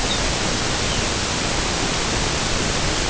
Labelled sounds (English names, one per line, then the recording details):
Lapland Longspur
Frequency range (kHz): Lapland Longspur 2.2-4.1 kHz
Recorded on Arctic tundra, site NAIT-1, on 22 June 2018
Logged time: 15:00